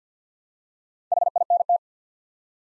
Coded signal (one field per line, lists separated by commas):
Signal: Morse code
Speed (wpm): 50 wpm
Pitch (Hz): 700 Hz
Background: none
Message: HINT